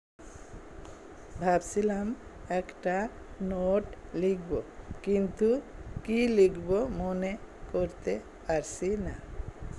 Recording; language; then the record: elicited speech; Bengali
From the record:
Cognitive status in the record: dementia